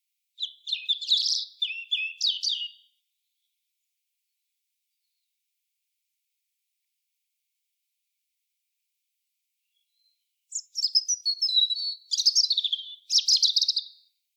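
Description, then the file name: European robin singing two separate warbling phrases of high, fast, jumbled notes and trills, with several seconds of silence between. "Erithacus rubecula"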